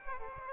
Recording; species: mosquito wingbeat signal from an infrared sensor; Aedes aegypti